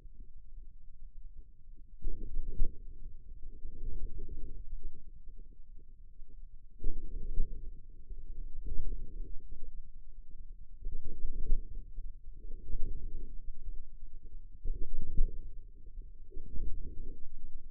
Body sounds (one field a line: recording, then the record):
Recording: forearm muscle sounds (acoustic myography)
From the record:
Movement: inward rotation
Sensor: system 2, bracelet of six BSWA MPA416 microphones around the upper forearm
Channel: 5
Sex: male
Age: 22 years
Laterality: right